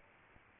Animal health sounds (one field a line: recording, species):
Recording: mosquito wingbeat signal from an infrared sensor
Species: Aedes albopictus